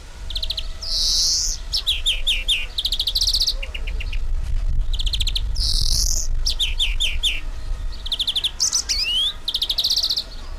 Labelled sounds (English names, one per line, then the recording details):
European Greenfinch
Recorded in captivity
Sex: male
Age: adult
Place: Zoo Berlin, Berlin, DE
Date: 1999-07-03 13:00
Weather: fair, 25-27°C
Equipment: Sony WM-D6C, Sennheiser ME 80, Kopie Uher 4000 Report Monitor
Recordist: Tembrock, Günter